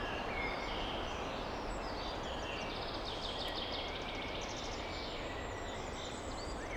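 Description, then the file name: Birds chirping faintly, thin high twittering notes scattered over a constant rushing wind. Birds chirping in a European deep forest with wind blowing. "European Nature - Deep Forest Ambience Wind Blowing Birds Chirping"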